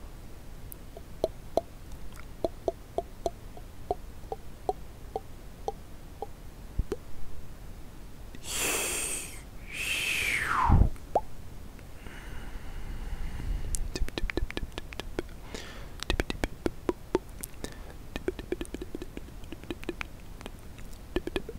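Mouth sounds: a steady run of small wet clicks and pops ticks along for the first seven seconds. Around eight to eleven seconds come two louder, breathy hissing bursts, the second sliding down in pitch, then denser clicking and smacks resume until the end.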